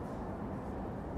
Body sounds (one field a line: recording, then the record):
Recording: background sound without coughing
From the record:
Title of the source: Train Ride Ambience ambient white noise for sleeping, focus, studying, reading